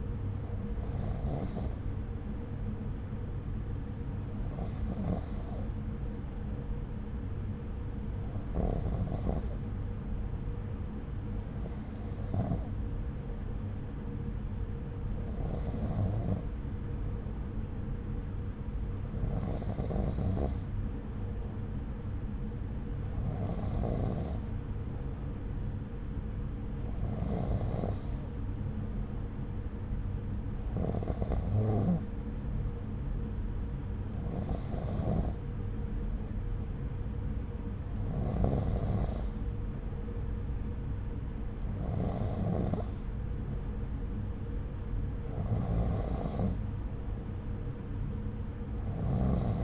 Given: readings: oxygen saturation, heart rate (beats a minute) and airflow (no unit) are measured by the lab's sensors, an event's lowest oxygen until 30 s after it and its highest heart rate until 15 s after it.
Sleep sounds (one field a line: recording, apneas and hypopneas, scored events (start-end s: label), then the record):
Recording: breathing in sleep by a smartphone at the bedside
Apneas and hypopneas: none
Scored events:
27.00-49.64 s: new sleep stage, N2 (light sleep)
From the record:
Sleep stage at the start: N3 (deep sleep)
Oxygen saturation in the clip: 92 to 93%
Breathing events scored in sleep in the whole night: 303 in 8.1 hours asleep